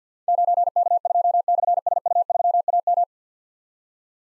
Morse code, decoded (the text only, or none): 9K2/SU3AM